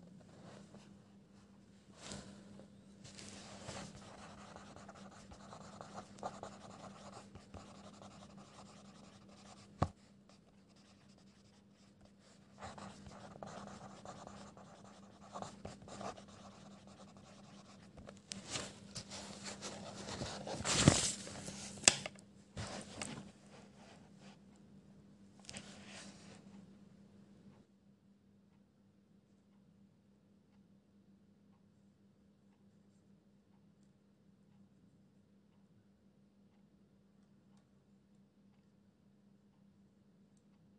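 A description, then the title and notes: Pencil scribbling in bursts through the first 27 seconds, with scratchy strokes and a sharp peak near 21 seconds, then a low steady hum alone. Pencil ASMR, quiet space, page flipping, scribbles.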